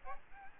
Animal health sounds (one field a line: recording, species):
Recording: mosquito wingbeat signal from an infrared sensor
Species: Aedes albopictus